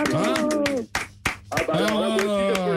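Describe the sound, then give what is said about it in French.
A handful of sharp, irregular hand claps snap out over sustained, tonal voices, with two crisp claps standing out in a brief lull in the middle. “J'applaudis.”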